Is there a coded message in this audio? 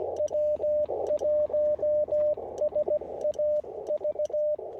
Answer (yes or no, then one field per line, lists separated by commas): yes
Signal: Morse code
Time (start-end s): 0.2-4.6 s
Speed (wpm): 16 wpm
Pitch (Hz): 600 Hz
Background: radio noise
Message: W1SAV